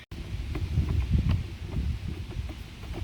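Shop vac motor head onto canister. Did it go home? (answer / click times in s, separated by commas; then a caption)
no / none. After the filter area is cleaned, the motor head of a shop vac is set back onto its plastic canister and lined up before being turned to lock. Low, rumbling handling noise is heard, with brief knocks at about 0.6 s and 1.3 s. Nothing has clicked or locked yet.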